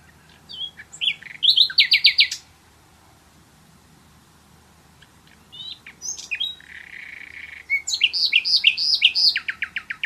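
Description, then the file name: Common nightingale song: two phrases of varied rapid trills, chirps and whistles separated by a pause, the second ending in a fast rattling series. "Luscinia megarhynchos"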